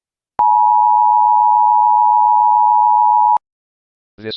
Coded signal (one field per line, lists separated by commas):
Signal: Emergency Alert System (SAME) tones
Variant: 853 and 960 Hz attention tone